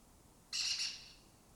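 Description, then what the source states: Lesser kestrel call, one harsh, high rasping screech of about half a second in a quiet background. Colony of migratory lesser kestrels breeding in an abandoned building in Doñana, southern Europe; they forage in West Africa.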